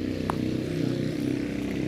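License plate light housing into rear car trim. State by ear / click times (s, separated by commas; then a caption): seated / 0.3 s. The plastic license plate light housing of a 2026 Mitsubishi Mirage G4 is pushed back into the rear bumper or trunk trim after the rear dashcam camera wire is routed through it. A single sharp click at 0.3 s rises over a steady low hum that runs through the whole clip. The plate light snaps into place and is locked in.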